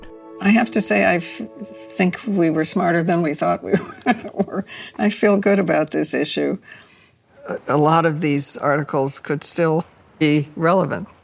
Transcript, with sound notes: I have to say, I think we were smarter than we thought we were (laughter). I feel good about this issue. A lot of these articles could still be relevant.